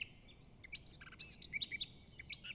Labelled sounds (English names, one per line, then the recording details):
Eurasian Blackcap
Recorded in Germany
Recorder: ecoPi